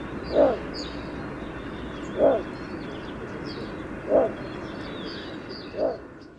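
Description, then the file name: Little bittern calling, a deep short barking note repeated about every two seconds, four times, with faint high bird calls and a steady background hiss. "Dvargrordrom."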